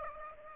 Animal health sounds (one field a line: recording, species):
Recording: mosquito wingbeat signal from an infrared sensor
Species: Aedes aegypti